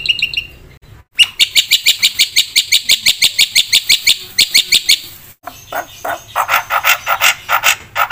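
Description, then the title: Black-winged myna giving a long rapid chatter of evenly repeated notes, a short break, then rougher, scratchier repeated notes. Vigorous, fast-filled song of a white myna. "Burung Jalak Putih Gacor Full Isian Cepat"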